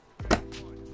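A memory module (RAM stick) is pressed down hard with both thumbs into a motherboard DIMM slot. A soft thud at 0.2 s is followed by a sharp latch click at 0.3 s, with a faint steady hum behind it. The module is seated and installed.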